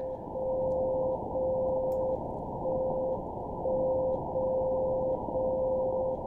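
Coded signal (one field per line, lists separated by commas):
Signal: radio time signal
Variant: WWVB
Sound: steady low tone that dips briefly once each second, pauses of varying length, over hiss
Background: radio static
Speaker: let's pop on over to 60 kilohertz here real quick. Turn the volume up a little bit. So that's WWVB in Boulder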